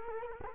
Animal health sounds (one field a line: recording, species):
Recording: mosquito wingbeat signal from an infrared sensor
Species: Culex quinquefasciatus